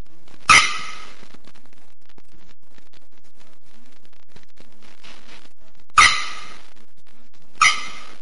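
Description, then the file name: Bearded Bellbird calls: three sharp, clanging notes, the first alone and the last two about a second and a half apart, with quiet pauses between them. "Canto da araponga do nordeste"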